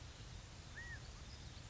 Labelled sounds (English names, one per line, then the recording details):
California Quail
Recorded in Sonoma County, California